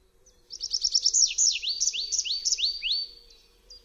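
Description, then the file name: Tree pipit song with a quick trill of high notes leading into strong drawn-out upslurred notes repeated about every third of a second. "ŚWIERGOTEK DRZEWNY"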